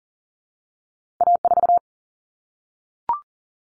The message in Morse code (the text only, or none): A4